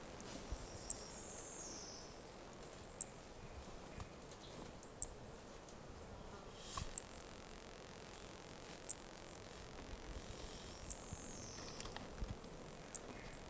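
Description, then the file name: Brachycephalus toadlet calls: short, very high, thin notes repeated about every two seconds over a faint hiss and low rumble. Undetermined Brachycephalus species, individuals 4 and 5, recorded at Corcovado. "MHNCI Brachycephalus sp ind 4 ind 5 Corcovado two starting notes lost"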